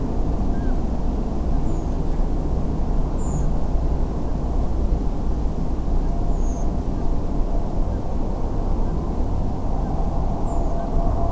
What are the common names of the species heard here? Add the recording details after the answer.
Common Scoter, Redwing. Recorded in France